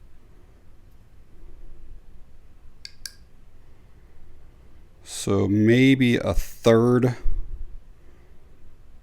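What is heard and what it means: A titanium Exceed Designs TiRANT RAZOR V3 folding utility knife is flipped open, and its stainless frame lock engages behind the blade holder with two sharp clicks at 2.9 s and 3.1 s. Afterward someone talks. The frame lock is seated.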